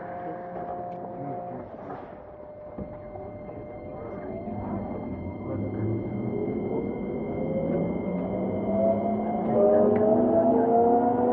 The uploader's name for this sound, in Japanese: 京急2100形 横浜〜三崎口